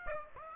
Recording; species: mosquito wingbeat signal from an infrared sensor; Aedes aegypti